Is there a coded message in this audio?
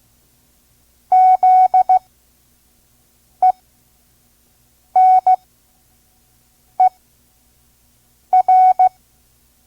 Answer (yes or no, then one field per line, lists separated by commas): yes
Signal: Morse code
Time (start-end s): 1.1-8.9 s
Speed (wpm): 16 wpm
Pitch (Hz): 740 Hz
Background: none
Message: ZENER